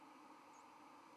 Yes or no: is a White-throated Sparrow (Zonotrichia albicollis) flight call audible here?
no